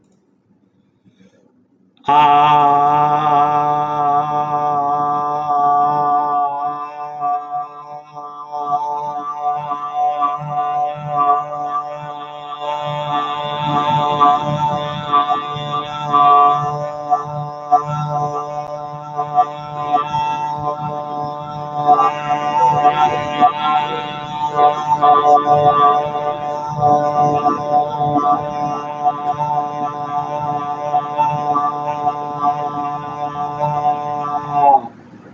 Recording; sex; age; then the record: vowel held as long as possible; male; 20 to 29 years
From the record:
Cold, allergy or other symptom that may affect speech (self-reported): no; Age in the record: 28 years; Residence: Texas, United States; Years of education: 16